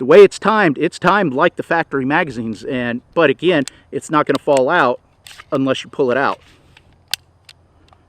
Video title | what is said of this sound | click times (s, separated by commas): 35 Round Echelon Magazine? | You Hear The Click as it locks in there | 7.1 s